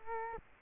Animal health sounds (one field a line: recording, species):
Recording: mosquito wingbeat signal from an infrared sensor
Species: Culex quinquefasciatus